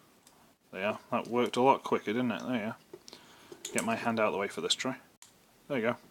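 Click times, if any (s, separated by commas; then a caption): none. A plastic part, possibly the tray, is handled and pushed toward its place in the body of a Transformers Animated Blur transforming action figure while someone talks, with a few faint ticks around 0.3, 2.9 and 3.1 s. Nothing has seated or clicked yet; the part goes in softly without a firm snap.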